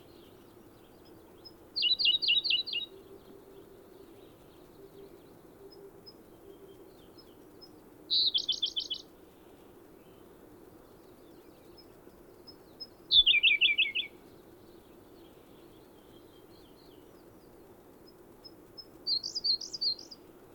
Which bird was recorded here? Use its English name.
Siberian Blue Robin